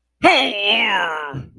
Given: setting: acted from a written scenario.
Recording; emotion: vocal sound without words; pain